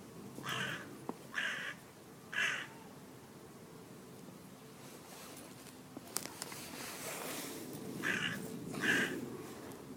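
Carrion crow subsong: three rough, hoarse notes about a second apart, a quiet gap with a faint click, then two more harsh notes near the end, over low steady rumble.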